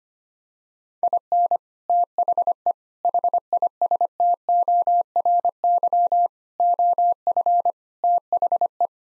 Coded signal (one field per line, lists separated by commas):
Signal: Morse code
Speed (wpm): 25 wpm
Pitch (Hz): 700 Hz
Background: none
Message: IN THE HISTORY OF THE